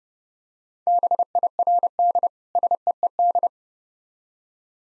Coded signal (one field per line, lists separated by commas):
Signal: Morse code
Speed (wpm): 30 wpm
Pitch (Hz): 700 Hz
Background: none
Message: BIRD SEED